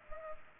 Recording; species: mosquito wingbeat signal from an infrared sensor; Culex pipiens